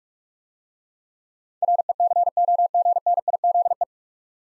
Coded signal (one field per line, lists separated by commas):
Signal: Morse code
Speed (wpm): 44 wpm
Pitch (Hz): 700 Hz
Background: none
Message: RECOGNIZE